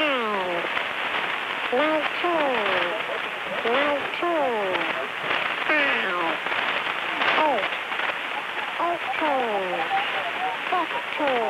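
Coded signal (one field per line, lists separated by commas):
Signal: numbers station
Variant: WBNY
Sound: distorted voice speaking short separated words over steady crackling radio static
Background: radio static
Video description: Pirate radio "number station" WBNY, transmitting on 6950 kHz AM. "Transmissions consist of a somewhat distorted voice reading off a series of numbers.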